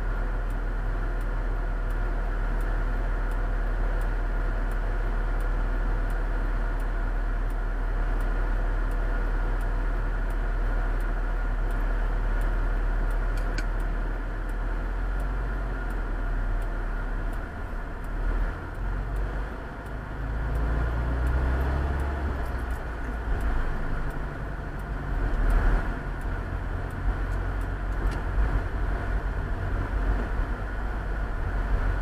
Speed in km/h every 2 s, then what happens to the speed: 1, 0, 0, 0, 0, 0, 0, 0, 1, 6, 11, 13, 18, 22, 24, 24.
0-16 standing. 16-26 pulls away to 22. 26-32 steady at about 24.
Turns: none.